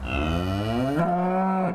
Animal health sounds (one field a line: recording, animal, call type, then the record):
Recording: contact call of a hoofed animal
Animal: cattle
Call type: low-frequency (closed-mouth) or high-frequency (open-mouth) call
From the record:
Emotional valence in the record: negative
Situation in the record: full separation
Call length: 1.75 s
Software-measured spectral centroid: 1470 Hz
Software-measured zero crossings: 1270 a second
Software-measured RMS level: -24 dBFS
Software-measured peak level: -13 dBFS